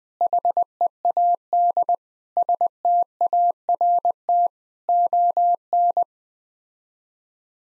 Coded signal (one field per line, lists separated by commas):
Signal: Morse code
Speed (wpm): 20 wpm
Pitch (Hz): 700 Hz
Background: none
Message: HEAD START ON